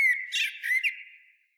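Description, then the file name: Common blackbird giving a brief call: a whistled note, then two quick scratchy chirps and a fading trailing tone. "Turdus merula"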